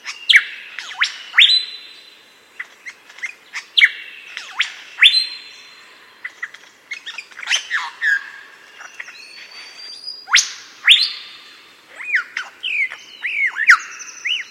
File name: superb lyrebird locklate song